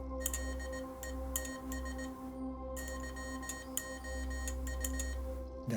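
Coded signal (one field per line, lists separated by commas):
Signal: Morse code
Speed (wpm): 18 wpm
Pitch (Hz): 1850 Hz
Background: music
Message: LETS YOU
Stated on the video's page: Morse code remix of a song, tapped out on a transmitter by a fictional character; a comedic recreation.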